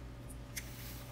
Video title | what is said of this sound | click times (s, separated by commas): PC build | you're gonna push it in and hear the click you know just like that and | 0.6 s